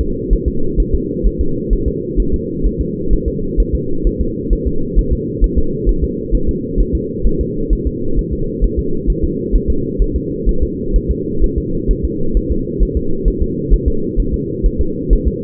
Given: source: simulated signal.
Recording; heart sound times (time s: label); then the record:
fetal heart sounds
0.01 s: S2
0.33 s: S1
0.48 s: S2
0.80 s: S1
0.95 s: S2
1.27 s: S1
1.41 s: S2
1.73 s: S1
1.88 s: S2
2.20 s: S1
2.34 s: S2
2.67 s: S1
2.81 s: S2
3.13 s: S1
3.28 s: S2
3.60 s: S1
3.75 s: S2
4.07 s: S1
4.21 s: S2
4.53 s: S1
4.68 s: S2
4.99 s: S1
5.13 s: S2
5.44 s: S1
5.58 s: S2
5.89 s: S1
6.04 s: S2
6.35 s: S1
6.49 s: S2
6.81 s: S1
6.95 s: S2
7.27 s: S1
7.41 s: S2
7.73 s: S1
7.87 s: S2
8.19 s: S1
8.33 s: S2
8.64 s: S1
8.79 s: S2
9.10 s: S1
9.24 s: S2
9.56 s: S1
9.70 s: S2
10.02 s: S1
10.16 s: S2
10.49 s: S1
10.63 s: S2
10.96 s: S1
11.11 s: S2
11.44 s: S1
11.58 s: S2
11.91 s: S1
12.05 s: S2
12.37 s: S1
12.52 s: S2
12.83 s: S1
12.97 s: S2
13.28 s: S1
13.43 s: S2
13.74 s: S1
13.88 s: S2
14.20 s: S1
14.34 s: S2
14.66 s: S1
14.81 s: S2
15.13 s: S1
15.28 s: S2
From the record:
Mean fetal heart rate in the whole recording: 130 bpm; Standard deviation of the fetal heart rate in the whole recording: 2 bpm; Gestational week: 36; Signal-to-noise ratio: -8.1 dB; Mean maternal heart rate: 72 bpm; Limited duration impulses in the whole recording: absent